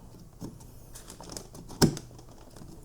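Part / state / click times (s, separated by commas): DDR4 memory module into motherboard RAM slot / seated / 1.8 s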